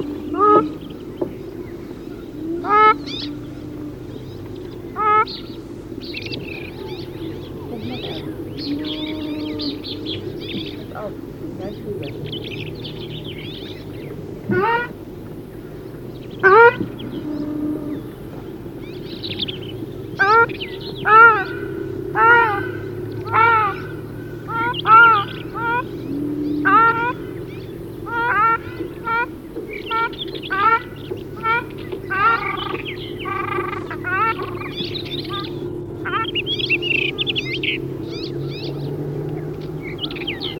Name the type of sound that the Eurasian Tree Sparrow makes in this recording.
call